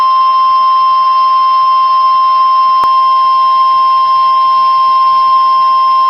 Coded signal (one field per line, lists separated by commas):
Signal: Emergency Alert System (SAME) tones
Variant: 1050 Hz attention tone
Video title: Shreveport’s turn | 5/5/22 - Flash Flood Warning on WXK36 (EAS #460)